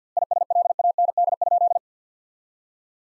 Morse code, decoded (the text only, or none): ISLAND?